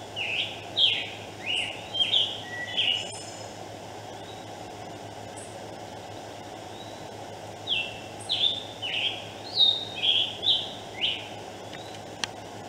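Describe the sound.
Scarlet tanager song: two bursts of hoarse, burry phrases, several short slurred notes each, separated by a pause of a few seconds, over steady low hum and background noise.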